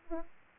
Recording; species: mosquito wingbeat signal from an infrared sensor; Aedes aegypti